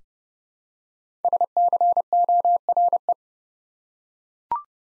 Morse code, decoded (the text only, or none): SCORE